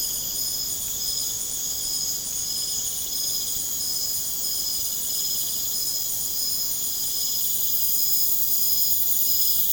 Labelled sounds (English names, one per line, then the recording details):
none
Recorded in pastures near Puerto Asís, Putumayo, Colombia, on 29 June 2025 at 02:00
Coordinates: 0.496, -76.326
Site GP01